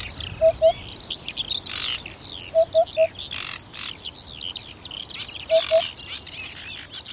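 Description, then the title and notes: Eurasian Hoopoe's low hollow hoots in twos and threes, partly overshadowed by bright, busy chirping and whistling of other songbirds and short noise bursts. Courtship song. "Viikon luontoääni: Harjalintu. Juha Laaksonen"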